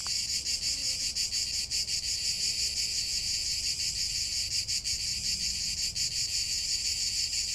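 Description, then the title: Cicada song as a continuous shrill buzz, throbbing in quick, slightly uneven pulses with no other clear sounds. Cicadas in Provence, heard as a backdrop to a guided siesta meditation. "Méditer en Provence avec le Chant des cigales"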